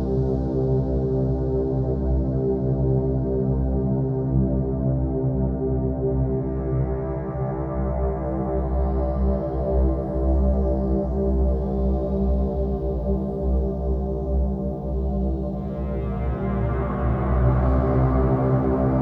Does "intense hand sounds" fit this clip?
no